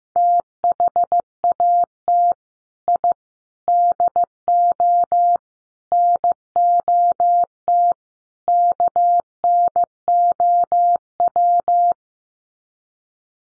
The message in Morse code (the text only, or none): THAT I DO NOT KNOW